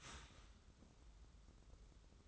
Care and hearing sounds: daily activity, microphone in the room; start toaster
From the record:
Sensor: 3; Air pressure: 994.5 hPa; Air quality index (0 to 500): 202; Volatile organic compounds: 1000 ppm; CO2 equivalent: 6717 ppm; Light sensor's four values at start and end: 197/475/200/200 and 197/475/200/200

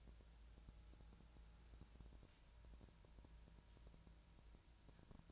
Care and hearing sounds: daily activity, microphone in the room; wipe stove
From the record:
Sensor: 2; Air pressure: 1000.4 hPa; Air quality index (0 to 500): 174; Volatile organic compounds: 3 ppm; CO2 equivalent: 1445 ppm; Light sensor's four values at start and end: 10/23/10/10 and 10/23/10/10

